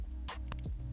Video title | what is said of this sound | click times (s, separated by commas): 2015-2020 F150 & Super Duty Kicker VSS Substage Powered Subwoofer Kit Install | and you'll hear it click now it's locked in so now we have power | 0.5 s